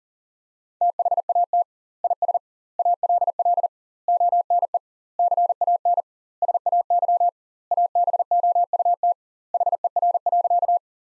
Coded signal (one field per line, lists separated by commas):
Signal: Morse code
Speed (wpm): 40 wpm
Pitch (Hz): 700 Hz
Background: none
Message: THAT IS ALL ONE CAN SAY ABOUT HER.